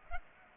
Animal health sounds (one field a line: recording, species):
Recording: mosquito wingbeat signal from an infrared sensor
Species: Aedes aegypti